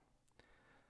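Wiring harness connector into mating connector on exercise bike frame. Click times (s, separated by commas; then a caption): 0.4 s. A plastic wiring harness connector with a latch and a raised tab is pushed into its mating connector on an exercise bike frame. A short, sharp click sounds at 0.4 s over a quiet background. The connector clicks in and is seated.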